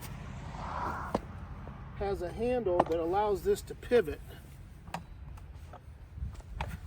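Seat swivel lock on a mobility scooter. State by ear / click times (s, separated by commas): seated / 6.6 s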